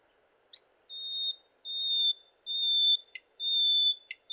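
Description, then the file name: Common nightingale singing long, pure, drawn-out whistles on one pitch, repeated about every second, each swelling in loudness, with short sharp notes tucked between them. "Luscinia megarhynchos"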